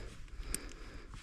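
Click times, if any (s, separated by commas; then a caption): 0.5 s. An electrical connector is pushed onto an ignition coil in a V10 engine bay until its plastic latch clips on, with a small, faint click at 0.5 s over a low background hum. These connectors don't make a very audible click, but this one was felt to seat, and the connector is clipped on.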